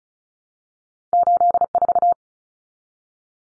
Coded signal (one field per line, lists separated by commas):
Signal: Morse code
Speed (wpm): 34 wpm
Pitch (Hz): 700 Hz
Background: none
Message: 84